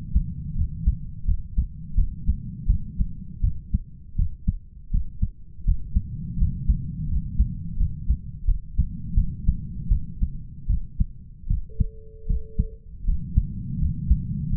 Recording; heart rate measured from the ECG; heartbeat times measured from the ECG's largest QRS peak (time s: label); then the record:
heart sounds by stethoscope; 82 bpm
0.55 s: heartbeat
1.25 s: heartbeat
1.95 s: heartbeat
2.67 s: heartbeat
3.41 s: heartbeat
4.16 s: heartbeat
4.91 s: heartbeat
5.65 s: heartbeat
6.38 s: heartbeat
7.08 s: heartbeat
7.77 s: heartbeat
8.45 s: heartbeat
9.14 s: heartbeat
9.89 s: heartbeat
10.67 s: heartbeat
11.47 s: heartbeat
12.27 s: heartbeat
13.05 s: heartbeat
13.79 s: heartbeat
14.49 s: heartbeat
From the record:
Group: healthy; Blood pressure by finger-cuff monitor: 111/67 mmHg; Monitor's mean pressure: 82 mmHg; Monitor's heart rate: 81 bpm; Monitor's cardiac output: 7.9 L/min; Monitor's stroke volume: 97 mL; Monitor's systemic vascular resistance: 720 dyn s/cm5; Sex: male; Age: 33 years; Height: 179 cm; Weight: 80.4 kg